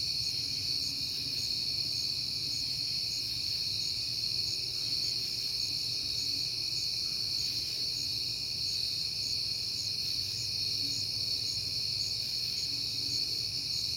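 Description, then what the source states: Crickets trilling continuously at high pitch, with a faint regular pulsed chirp repeating over a quiet low hum. Crickets at night in September, on a peaceful night.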